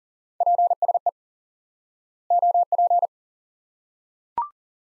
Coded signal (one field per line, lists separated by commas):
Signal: Morse code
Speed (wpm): 37 wpm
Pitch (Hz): 700 Hz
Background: none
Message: PSE OP